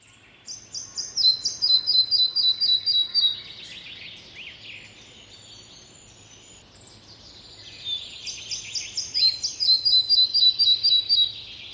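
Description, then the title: Red-breasted flycatcher song: two bouts of high, rhythmic repeated notes, each a few seconds long, separated by a quieter gap. "Viikon luontoääni: Pikkusieppo"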